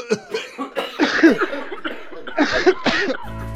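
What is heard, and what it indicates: Cough from an adult male voice.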